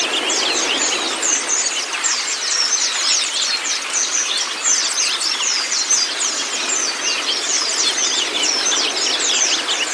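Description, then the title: White-eye song: dense, rapid thin chirps and twitters overlapping steadily from start to finish. Training recording (masteran) of white-eye (pleci kacamata si putih), meant to get a silent (bisu) pleci singing constantly (gacor). "mster Mnuk. Terapi Pleci Bisu Menjadi Gacor Abis. Masteran Pleci Kacamata Si Putih"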